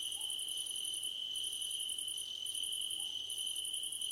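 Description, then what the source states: Crickets chirping: a steady high trill with pulsed bursts near the top of the range, broken by brief pauses every second or so, over a continuous ringing tone. Crickets at night under a starlit sky, nighttime ambience.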